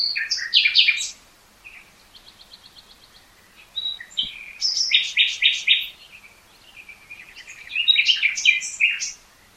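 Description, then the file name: Common nightingale song with loud chirping phrases, a soft run of quick repeated notes between them, and a final phrase of varied trills and whistles. "Luscinia megarhynchos"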